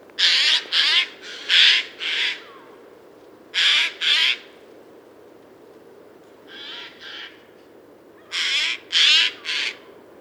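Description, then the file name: Eurasian jay screeching in harsh, noisy bursts grouped in twos to fours, with a softer pair midway and a final group of four. "Garrulus glandarius"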